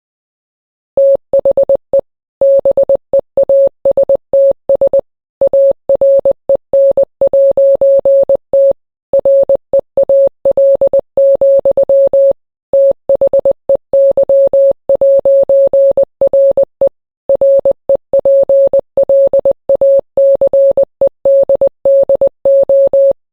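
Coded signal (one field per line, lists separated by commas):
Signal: Morse code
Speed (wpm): 20 wpm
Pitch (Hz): 550 Hz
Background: none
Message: THE BEASTS AREN'T REAL, THEY'RE REPLACED DO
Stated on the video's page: Fictional analog-horror recreation presented as an intercepted shortwave Morse transmission from an unknown source, repeating a warning.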